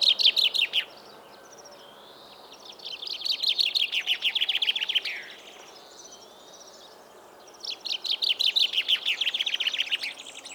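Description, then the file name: Common chaffinch song: bright trilled phrases, one complete phrase ending in a flourish between two partial ones, separated by pauses of a couple of seconds. "Fringilla coelebs"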